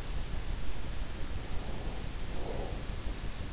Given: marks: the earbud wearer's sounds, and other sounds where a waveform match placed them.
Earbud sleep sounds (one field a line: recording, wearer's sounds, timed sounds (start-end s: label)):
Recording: sounds in sleep by an in-ear microphone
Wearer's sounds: breath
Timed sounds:
1.24-3.06 s: breath